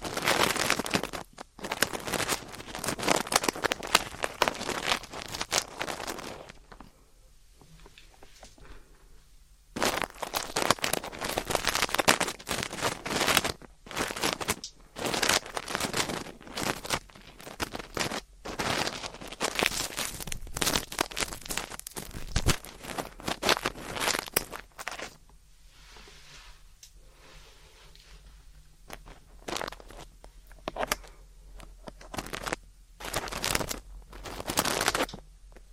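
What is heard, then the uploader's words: Ear cleaning with dense bursts of scratchy crackling and rubbing that fill most of the clip. The scraping comes in clusters of rapid strokes, broken by quieter pauses near 7–10 seconds and 25–30 seconds, where only a faint low hum remains. ASMR 자극주의 따끔따끔 3dio 귀청소 | ear cleaning.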